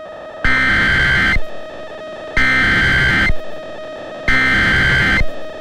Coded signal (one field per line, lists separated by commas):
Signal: Emergency Alert System (SAME) tones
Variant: header bursts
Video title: EAS #414-415: 2 EAS Severe Thunderstorm Warnings- Aug. 17, 2020